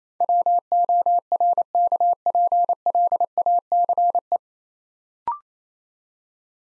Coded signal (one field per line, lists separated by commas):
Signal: Morse code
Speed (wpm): 27 wpm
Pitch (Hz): 700 Hz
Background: none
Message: WORKPLACE